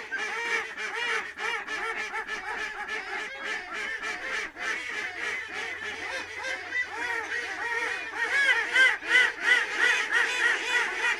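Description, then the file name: Ducks quacking in chorus, rapid rasping calls from many birds, the clamour rising and becoming louder toward the end. Ducks recorded at Lunel. "canards lunel"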